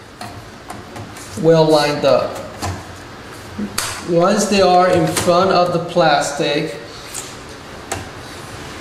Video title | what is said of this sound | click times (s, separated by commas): Changing the Graphic on a Counter-Top Fridge | are going to make sure it snaps in place perfect | 7.9 s